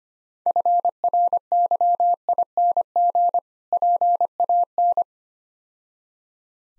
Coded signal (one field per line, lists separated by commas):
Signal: Morse code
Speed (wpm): 26 wpm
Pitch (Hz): 700 Hz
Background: none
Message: FRYING PAN